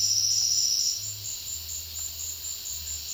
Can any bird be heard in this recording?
yes